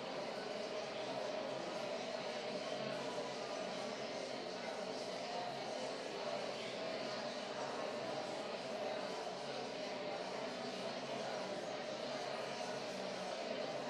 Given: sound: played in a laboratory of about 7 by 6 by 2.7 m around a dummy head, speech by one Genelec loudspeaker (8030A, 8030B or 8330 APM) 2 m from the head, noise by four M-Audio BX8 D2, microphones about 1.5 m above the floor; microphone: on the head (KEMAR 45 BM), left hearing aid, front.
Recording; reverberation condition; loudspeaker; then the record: babble noise; high; four, about 170 cm from the corners of the room and facing them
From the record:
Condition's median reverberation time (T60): about 1300 ms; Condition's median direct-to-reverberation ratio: about -4.0 dB